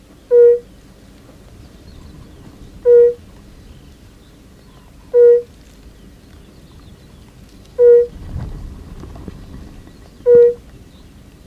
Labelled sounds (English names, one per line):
Fire-Bellied Toad call